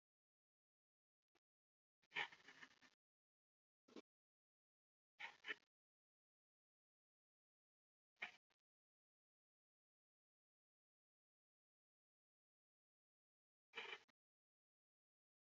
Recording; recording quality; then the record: deep breathing; excellent, no background noise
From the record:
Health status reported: healthy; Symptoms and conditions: diabetes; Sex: male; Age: 49 years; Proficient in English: yes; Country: India